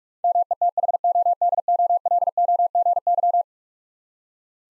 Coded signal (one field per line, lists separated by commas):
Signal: Morse code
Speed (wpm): 41 wpm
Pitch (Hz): 700 Hz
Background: none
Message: METHODOLOGY